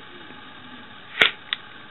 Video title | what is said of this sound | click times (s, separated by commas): 3-5-2013 Sheath waxing | hear that click | 1.5 s